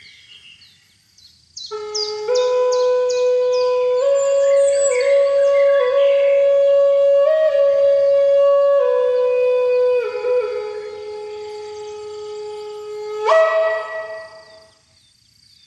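A Native American flute plays a slow, breathy melody of long held notes that step up and down, beginning around two seconds in. Light bamboo chimes tinkle brightly near the start, and a ringing struck tone enters near thirteen seconds before everything fades.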